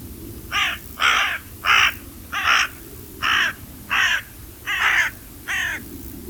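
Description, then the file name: Carrion crow calling a series of eight rough, grating caws, about one every seven-tenths of a second, over low background rumble. "Corvus corone"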